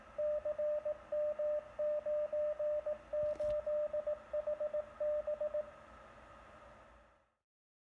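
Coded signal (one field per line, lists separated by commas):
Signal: Morse code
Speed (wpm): 18 wpm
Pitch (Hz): 600 Hz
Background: radio noise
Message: CM98HB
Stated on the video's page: CW beacon generated by an Arduino on an Adafruit Trinket M0, keying an HF transceiver through its keyer port; for foxhunting and propagation testing.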